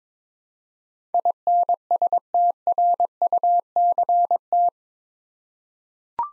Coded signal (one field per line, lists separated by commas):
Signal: Morse code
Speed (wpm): 22 wpm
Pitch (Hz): 700 Hz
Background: none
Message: INSTRUCT